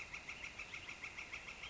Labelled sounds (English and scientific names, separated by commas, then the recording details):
Northern Flicker (Colaptes auratus)
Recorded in Sonoma County, California